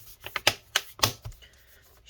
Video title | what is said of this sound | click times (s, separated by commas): HP Laptop 14-dq1043cl Disassembly RAM SSD Hard Drive Upgrade Battery Replacement Repair | anyways we're going to go ahead and get this all lined back up okay click it all back down just | 0.4 s, 0.5 s, 0.8 s, 1.0 s